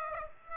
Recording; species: mosquito wingbeat signal from an infrared sensor; Aedes aegypti